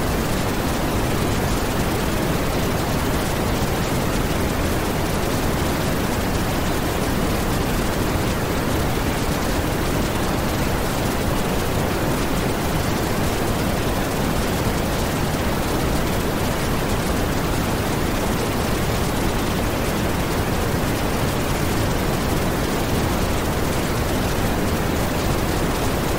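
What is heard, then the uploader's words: A waterfall pours in a dense, unbroken rush mixed with a soft, even hiss of pink noise. The sound holds steady for the whole stretch, full, weighted toward a deep roar with a gentler airy top and no separate events. Nature's Harmony Waterfall Sounds with Pink Noise for Relaxation.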